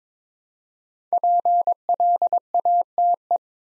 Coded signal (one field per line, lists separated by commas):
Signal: Morse code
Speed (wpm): 22 wpm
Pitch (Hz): 700 Hz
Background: none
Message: PLATE